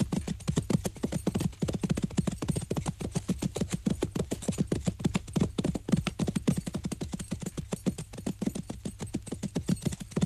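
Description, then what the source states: Horses galloping: a dense, rapid drumming of hooves, several beats per second, overlapping and unbroken throughout. Many horses.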